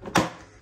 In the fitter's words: put that back on clicks into place very nicely